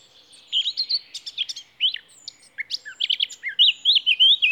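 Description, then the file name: Eurasian blackcap singing a quick, jumbled warble of chirps and twittering notes, then loud, clear fluting phrases that rise and fall during the last second or so. "Sylvia atricapilla"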